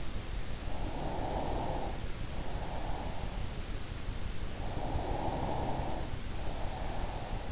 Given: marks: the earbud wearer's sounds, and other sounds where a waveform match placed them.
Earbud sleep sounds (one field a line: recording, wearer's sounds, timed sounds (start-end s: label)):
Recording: sounds in sleep by an in-ear microphone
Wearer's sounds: breath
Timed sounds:
0.64-3.75 s: breath
4.25-7.52 s: breath